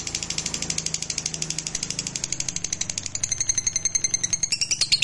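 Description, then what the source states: Lovebird trilling, a fast rattling series of high buzzy notes, turning more whistled and shrill in the last two seconds. Fighter lovebird giving ngekek panjang, a long trill song style.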